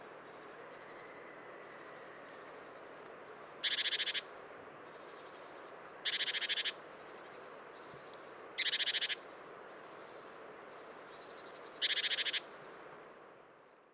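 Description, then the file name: Great tit repeating a pattern of two high notes and a harsh pulsed churr, roughly every two to three seconds, four times, over soft background noise. "Parus major"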